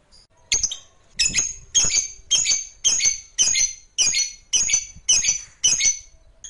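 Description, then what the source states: Lovebird chirps, harsh shrill notes repeated steadily about twice a second in a regular series. Lovebird sound used to stimulate lovebirds.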